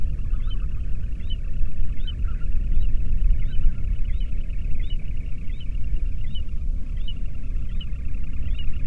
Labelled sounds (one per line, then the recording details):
waterfowl
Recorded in the Prudhoe Bay oil fields, Alaska, on 13 June 2019 at 00:34
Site 30